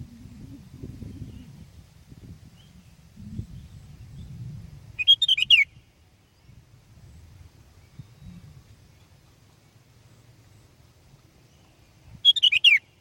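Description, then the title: Sooty-headed bulbul song: two brief, rich warbled phrases about seven seconds apart, with quiet low rumbling between them. "kutilang"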